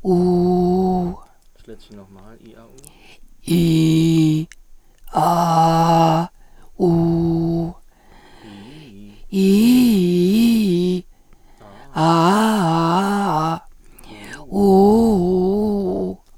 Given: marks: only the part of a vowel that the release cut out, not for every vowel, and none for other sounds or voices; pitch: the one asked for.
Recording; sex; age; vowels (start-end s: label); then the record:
sustained vowels; female; 50 to 59 years
0.25-0.94 s: vowel /u/, low pitch
9.48-10.35 s: vowel /i/, low-high-low pitch
12.60-13.48 s: vowel /a/, low-high-low pitch
15.23-16.01 s: vowel /u/, low-high-low pitch
From the record:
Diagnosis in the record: recurrent laryngeal nerve paralysis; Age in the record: 55 years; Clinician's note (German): Doppelseitige bei Zustand nach Lateralfixation und Arytenoidektomie mit noch unvollständiger supraglottischer Kompensation